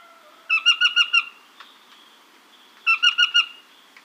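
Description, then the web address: Nariño tapaculo giving two bursts of four or five harsh, nasal notes, about two seconds apart. Recorded in Ecuador. "Birds of Ecuador Narino Tapaculo"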